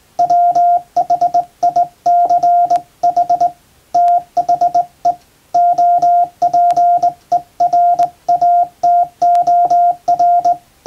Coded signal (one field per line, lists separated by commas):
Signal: Morse code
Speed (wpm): 20 wpm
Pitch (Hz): 700 Hz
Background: radio noise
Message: WHICH THE OPERATOR